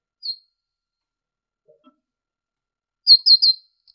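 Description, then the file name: Great tit song: a single high note, a pause with faint ticks, then a loud burst of three rapid high notes. Masteran recording, made for training captive songbirds to learn the song. "suara masteran great tit"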